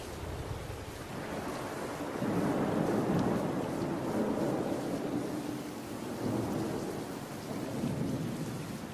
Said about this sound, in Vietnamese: Mưa gió cuồng phong bên ngoài tựa như ủng hộ chuyện này.